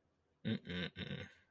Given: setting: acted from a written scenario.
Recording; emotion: vocal sound without words; disappointment